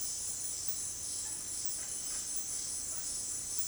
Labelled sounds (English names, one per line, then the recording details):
Russet-backed Oropendola
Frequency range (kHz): Russet-backed Oropendola 0.2-3.3 kHz
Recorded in dense forest near Puerto Asís, Putumayo, Colombia, on 21 February 2024 at 18:00
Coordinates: 0.500, -76.322
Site G6465